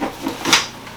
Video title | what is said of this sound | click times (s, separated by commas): ERGOBABY COMPACT CITY METRO STROLLER REVIEW + UNBOXING!!! | It clicks into place and there you go. | 0.5 s